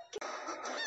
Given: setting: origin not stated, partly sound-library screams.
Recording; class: one-second piece from a danger detection set; woman in danger